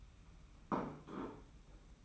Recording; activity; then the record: daily activity, microphone in the room; place plate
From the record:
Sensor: 1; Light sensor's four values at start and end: 28/97/37/38 and 28/97/37/38